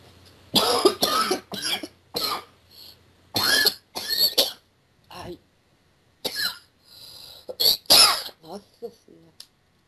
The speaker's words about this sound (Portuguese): Você percebeu que você tava com uma tosse forte antes de incorporar e agora volta, assim. Eu tô muito gripado.